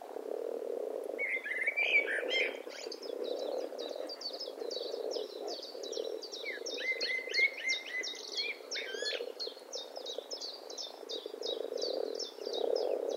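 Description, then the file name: Common blackbird calls: rapid series of short, sharp high notes repeated several times a second, with a few lower clucking notes mixed in, over a steady low hum. "Turdus merula"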